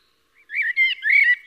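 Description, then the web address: Common blackbird giving a brief, smooth, fluted warbling phrase of a few linked whistled notes. "SETE data Turdus merula"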